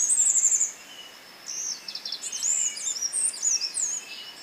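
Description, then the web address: Mountain wren song: a rapid high trill opens, then a varied series of high whistled and warbled phrases. Recorded in Ecuador. "Birds of Ecuador. Mountain Wren"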